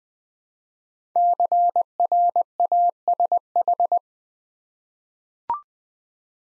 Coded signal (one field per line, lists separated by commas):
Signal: Morse code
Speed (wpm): 20 wpm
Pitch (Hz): 700 Hz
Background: none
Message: CRASH